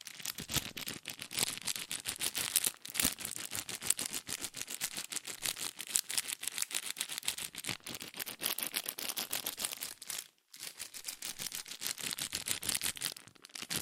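Fast tapping and scratching on cardboard and paper, a dense, continuous stream of crisp, bright clicks with little low end. The pace stays rapid and fairly even throughout, with a brief silence near ten seconds and a softer stretch near the end.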